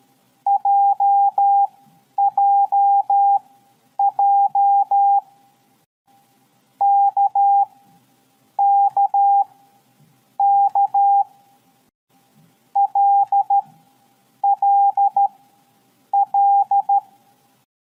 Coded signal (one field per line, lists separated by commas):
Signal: Morse code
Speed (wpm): 13 wpm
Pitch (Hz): 800 Hz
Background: none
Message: JJJ KKK LLL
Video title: 50. KOMUNIKASI - MORSE CODE #navy #psstldm #atm #tldm #navyreservist